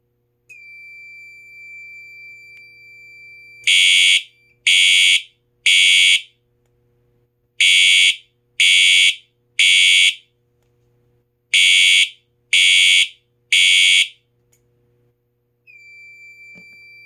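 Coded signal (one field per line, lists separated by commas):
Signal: alarm pattern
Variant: fire alarm horn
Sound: harsh horn blasts in three groups of three, half-second each, pauses between groups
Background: steady high whine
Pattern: temporal three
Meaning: Temporal-three signal: evacuate the building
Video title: Siemens U-MMT-MCS Temporal 3 Test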